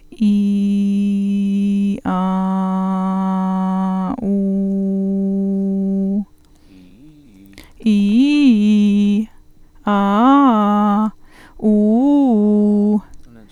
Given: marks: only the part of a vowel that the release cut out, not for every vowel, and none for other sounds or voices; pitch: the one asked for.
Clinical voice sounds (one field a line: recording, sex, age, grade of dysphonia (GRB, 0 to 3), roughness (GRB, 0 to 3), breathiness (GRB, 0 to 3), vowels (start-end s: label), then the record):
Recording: sustained vowels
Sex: female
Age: 30 to 39 years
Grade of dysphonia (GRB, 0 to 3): 0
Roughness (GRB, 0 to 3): 0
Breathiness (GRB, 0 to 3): 0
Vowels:
0.34-1.86 s: vowel /i/, low pitch
2.21-3.84 s: vowel /a/, low pitch
4.43-6.00 s: vowel /u/, low pitch
7.91-9.11 s: vowel /i/, low-high-low pitch
9.93-11.00 s: vowel /a/, low-high-low pitch
11.68-12.90 s: vowel /u/, low-high-low pitch
From the record:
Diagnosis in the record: healthy voice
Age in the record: 37 years